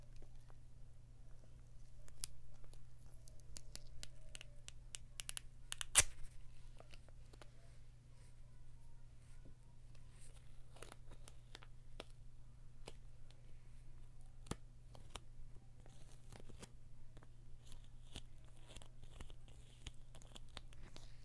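Light taps on a book, scattered irregularly with a sharper click near six seconds, over a steady low hum throughout.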